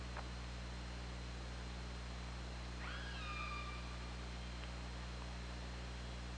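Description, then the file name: Killer whale call, a single harmonic call that jumps up then holds a long level tone, over steady hum. Recorded by OrcaLab hydrophone on 24 August 2017 at 21:38:47. "Orca Lab UTLN JASON 20170824 213847"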